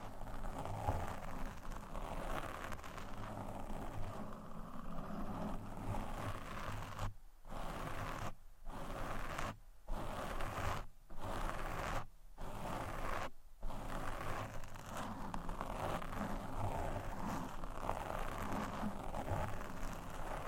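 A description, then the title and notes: Steady scratching and rubbing against a microphone fills the clip, broken by six sharp silent gaps at regular intervals between about seven and fourteen seconds. ASMR Mic Scratching (No Talking).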